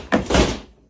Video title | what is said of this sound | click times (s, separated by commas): Milwaukee Large Portable Tool Box, Is It Perfect? | um forward there you go snaps forward and it locks in place it's solid I | 0.1 s